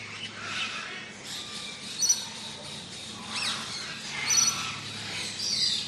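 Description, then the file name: Parrots and parakeets chattering in scattered bursts of squawks and high chirps, with a steady low mower drone underneath. Mixed parrots, parakeets and other birds in a large tropical aviary; lawn mower running in the distance. "zapsplat animals birds tropical large avery amb parrots parakeets"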